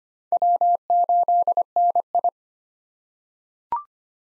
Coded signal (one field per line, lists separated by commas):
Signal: Morse code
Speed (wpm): 25 wpm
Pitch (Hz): 700 Hz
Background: none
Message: W8NI